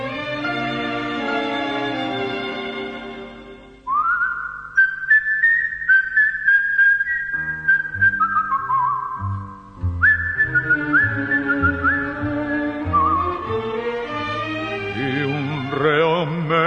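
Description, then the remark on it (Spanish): After a few seconds of instruments alone, someone whistles a clear, high tango tune in sustained and gliding notes, carried over a steady band accompaniment with no talking. “un reo meditabundo va silbando esta canción.”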